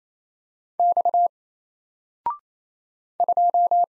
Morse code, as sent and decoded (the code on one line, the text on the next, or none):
-..- / ..---
X 2